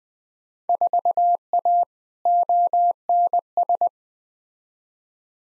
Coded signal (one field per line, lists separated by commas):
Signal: Morse code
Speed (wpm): 21 wpm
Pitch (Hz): 700 Hz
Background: none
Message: 4A ONS